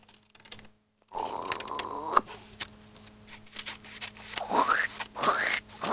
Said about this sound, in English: Now cut out the pictures. Hast du mal eine Schere? You need scissors? Yes. Can I have the scissors, please? Here you are,